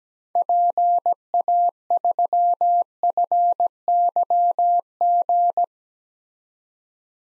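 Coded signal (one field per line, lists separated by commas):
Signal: Morse code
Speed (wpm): 17 wpm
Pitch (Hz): 700 Hz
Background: none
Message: PA3FYG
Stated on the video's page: Morse code drill at 17 wpm of common SOTA activator call signs for head-copy practice, each sent, spoken, then sent again.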